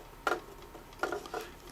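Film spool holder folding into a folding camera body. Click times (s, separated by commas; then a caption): 0.3 s. A metal film spool holder on an Agfa Isolette III folding camera, with its post lined up with the hole in the end of a roll of film, is folded down into the camera body, a tight fit. A sharp click at 0.3 s locks it into place, followed by a few lighter clicks and rattles around 1.0–1.3 s.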